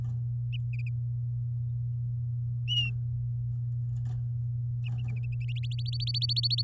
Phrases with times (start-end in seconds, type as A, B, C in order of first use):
5.48-6.62 A